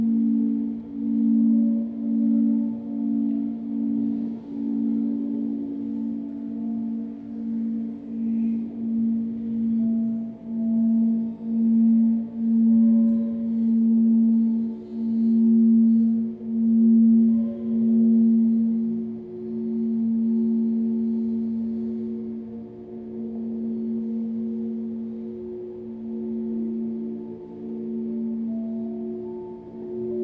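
Crystal bowls ring in a sustained, low hum with a strong steady pitch and fainter overtones above it. The tone pulses in a regular, rapid beating through the first twenty seconds, then smooths into a slower swell before fading slightly.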